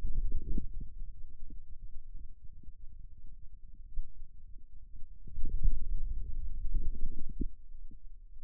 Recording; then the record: forearm muscle sounds (acoustic myography)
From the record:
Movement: wrist flexion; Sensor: system 2, bracelet of six BSWA MPA416 microphones around the upper forearm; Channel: 3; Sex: male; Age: 22 years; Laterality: right